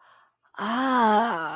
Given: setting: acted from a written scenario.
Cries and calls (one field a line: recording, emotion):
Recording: vocal sound without words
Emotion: realization